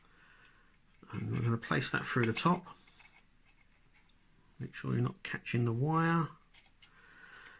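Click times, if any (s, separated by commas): 6.8 s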